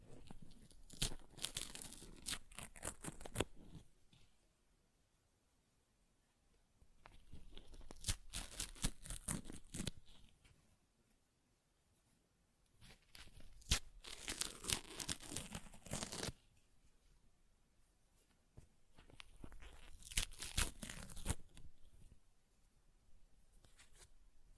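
Paper is ripped and torn in four bursts, each lasting two to four seconds, around 0–4, 7–10, 13–16 and 19–22 seconds. Each tear is a dense, crackly, bright rasp with quick fibrous snaps, separated by near-silent pauses.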